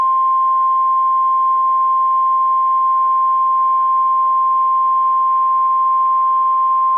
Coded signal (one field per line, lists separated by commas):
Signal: Emergency Alert System (SAME) tones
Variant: 1050 Hz attention tone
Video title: RWT DMX RWT (8/24/22) EAS 670